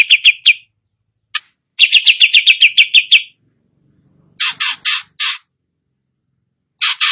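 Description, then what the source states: Greater green leafbird song of sharp, strident notes in quick series, with silent gaps between phrases. Singing actively (gacor).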